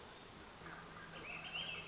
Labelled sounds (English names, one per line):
Swainson's Thrush